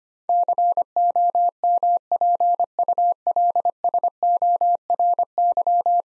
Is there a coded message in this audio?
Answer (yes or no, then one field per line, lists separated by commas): yes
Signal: Morse code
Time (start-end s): 0.3-6.0 s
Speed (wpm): 25 wpm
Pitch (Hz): 700 Hz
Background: none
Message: COMPULSORY